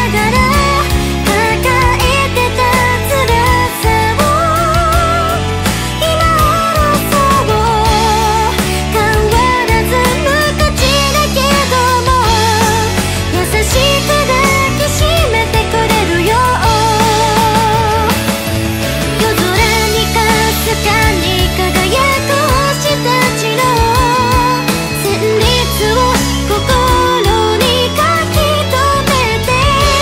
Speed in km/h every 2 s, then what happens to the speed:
48, 52, 54, 55, 55, 54, 54, 54, 54, 54, 52, 53, 54, 55, 56.
0-5 speeds up to 55. 5-30 steady at about 54.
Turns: none.